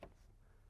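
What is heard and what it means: A quarter-turn fastener on a fuse and relay panel cover on a 2025 Entegra Coach Cornerstone is turned a quarter turn, and the cover comes off. A single sharp click is heard at 0.0 s, followed by low, steady background noise. The fastener releases and the cover comes free.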